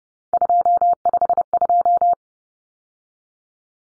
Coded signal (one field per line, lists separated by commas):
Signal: Morse code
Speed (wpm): 30 wpm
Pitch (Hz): 700 Hz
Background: none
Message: 252